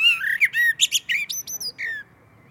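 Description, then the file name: Common blackbird singing a rapid run of mellow whistles and thin, high chattering notes, ending on a soft falling whistle. "Turdus merula"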